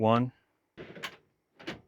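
An OPENROAD retractable tonneau cover is pulled further forward along its rail, and its latch clicks into the second detent position stop at 1.0 s, seating in position two. A short sliding rush surrounds the click, and someone talks at the start and again near the end.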